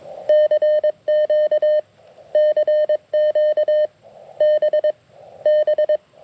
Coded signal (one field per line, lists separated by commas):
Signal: Morse code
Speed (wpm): 22 wpm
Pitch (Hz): 610 Hz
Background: none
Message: CQ CQ BB